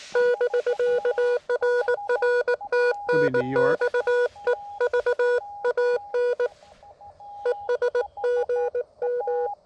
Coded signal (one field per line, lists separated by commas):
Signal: Morse code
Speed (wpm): 19 wpm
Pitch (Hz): 490 Hz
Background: none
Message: <BK> RR TNX EVAN ES GM